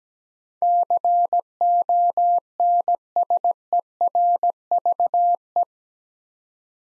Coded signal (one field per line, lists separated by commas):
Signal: Morse code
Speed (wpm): 17 wpm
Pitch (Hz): 700 Hz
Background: none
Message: CONSERVE